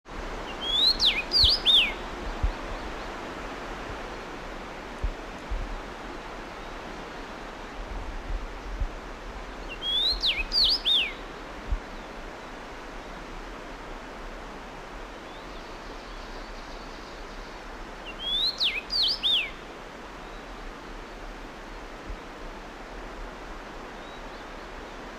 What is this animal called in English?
Common Rosefinch